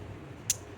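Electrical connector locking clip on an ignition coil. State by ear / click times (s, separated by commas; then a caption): seated / 0.5 s. A locking clip on an ignition coil's electrical connector is pulled up during reinstallation on a 2006-2015 Audi Q7. A single sharp, bright click at 0.5 s stands out over a quiet, low hum, and the connector is seated.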